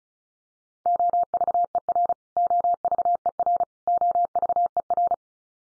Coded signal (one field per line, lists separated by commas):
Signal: Morse code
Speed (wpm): 34 wpm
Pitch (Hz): 700 Hz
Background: none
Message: OVER OVER OVER